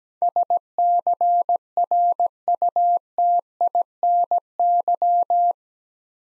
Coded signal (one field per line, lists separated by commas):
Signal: Morse code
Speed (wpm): 17 wpm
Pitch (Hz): 700 Hz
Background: none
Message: SCRUTINY